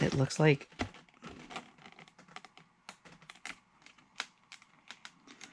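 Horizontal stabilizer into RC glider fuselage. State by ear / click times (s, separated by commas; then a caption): not seated / none. Someone talks briefly, then the plastic/foam horizontal stabilizer of an Arrows SZD 54 2m RC glider is slotted into its channel in the fuselage, making a run of light scraping taps and small knocks. No click is heard, and the stabilizer has not clicked into place.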